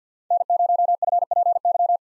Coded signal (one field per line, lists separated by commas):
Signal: Morse code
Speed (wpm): 50 wpm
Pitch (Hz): 700 Hz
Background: none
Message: N0FPY